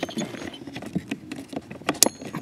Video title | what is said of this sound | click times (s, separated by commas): How To Repair A Honda Heater Blower | click, you hear it? It's in. | 2.0 s